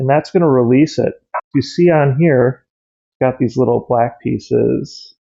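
A Disston Blu-Mol Extreme QUICKCORE metal bi-metal hole saw is handled at its quick-change arbor, whose collar releases the saw and whose little black locking pieces hold it, while someone talks. Nothing has seated or clicked yet; the hole saw is not yet locked onto the arbor.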